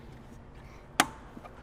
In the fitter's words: second snap and we're in and now we've got our gas spring installed